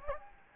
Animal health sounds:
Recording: mosquito wingbeat signal from an infrared sensor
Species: Anopheles gambiae

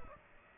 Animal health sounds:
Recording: mosquito wingbeat signal from an infrared sensor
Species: Aedes aegypti

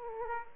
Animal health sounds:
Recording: mosquito wingbeat signal from an infrared sensor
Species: Aedes aegypti

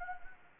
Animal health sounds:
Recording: mosquito wingbeat signal from an infrared sensor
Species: Anopheles gambiae

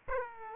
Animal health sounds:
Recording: mosquito wingbeat signal from an infrared sensor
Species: Aedes aegypti

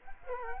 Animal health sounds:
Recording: mosquito wingbeat signal from an infrared sensor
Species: Culex quinquefasciatus

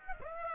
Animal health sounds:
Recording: mosquito wingbeat signal from an infrared sensor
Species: Aedes aegypti

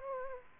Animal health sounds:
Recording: mosquito wingbeat signal from an infrared sensor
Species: Aedes aegypti

